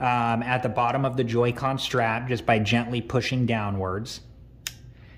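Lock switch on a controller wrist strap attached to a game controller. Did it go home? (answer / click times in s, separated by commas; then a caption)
released / 4.7 s. On the second Joy-Con controller, the plastic lock switch at the bottom of the wrist strap is pushed gently downward while someone talks. Then a single sharp click sounds at 4.7 s. The switch is now in the unlocked position.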